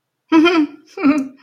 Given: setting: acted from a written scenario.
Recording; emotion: vocal sound without words; amusement